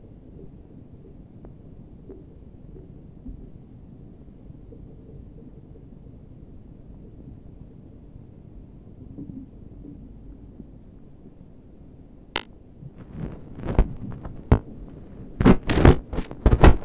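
Sounds of melting snow: a low, muffled rumble runs steadily through the first twelve seconds. From about twelve seconds, sharp bright clicks and cracks break in, a few at first, then louder and more frequent in a cluster near the end.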